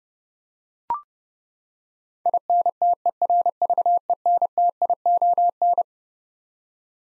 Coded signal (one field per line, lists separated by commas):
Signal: Morse code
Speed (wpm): 30 wpm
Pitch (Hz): 700 Hz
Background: none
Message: INTERVENTION